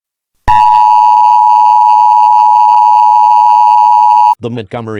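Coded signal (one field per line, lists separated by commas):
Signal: Emergency Alert System (SAME) tones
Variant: 853 and 960 Hz attention tone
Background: speech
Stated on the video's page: Fictional scenario whose alert tones are stated to be not valid.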